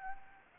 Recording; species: mosquito wingbeat signal from an infrared sensor; Anopheles arabiensis